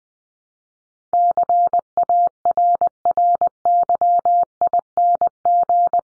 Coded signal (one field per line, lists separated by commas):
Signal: Morse code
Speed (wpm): 20 wpm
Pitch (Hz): 700 Hz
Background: none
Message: CARRYING